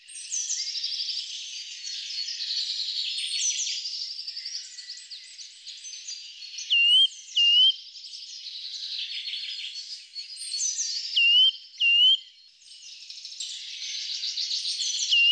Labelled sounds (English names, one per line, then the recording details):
Eurasian Nuthatch song
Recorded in the wild
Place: Gottenheim / Freiburg im Breisgau, Baden-Württemberg, DE
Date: 1997-03-30
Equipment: Dat-Recorder Casio DA 7, Telinga DAT, Telinga-Parabolspiegel
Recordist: Schwarz, Dieter
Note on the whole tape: Song